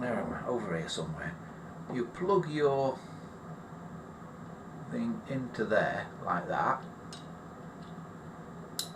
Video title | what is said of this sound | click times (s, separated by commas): The Shed Live S09E11: Restoring a Wall Phone 741 | until it clicks and then you clamp down on this as that as you can | 8.8 s